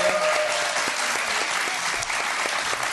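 An audience breaks into sustained applause, a dense, steady patter of many hands clapping at an even loudness for the whole stretch, with no voices standing out.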